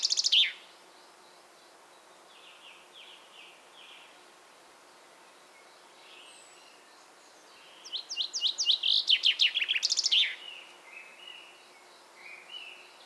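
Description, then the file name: Common chaffinch songs: one ends abruptly at the start, then quiet scattered chirps, then a full accelerating descending trill with a terminal flourish, and more soft notes. "Fringilla coelebs"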